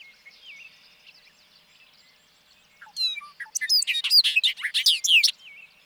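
Bobolink song: a bubbling, metallic jumble of tinkling notes lasting about two and a half seconds after quieter chirps and birdsong.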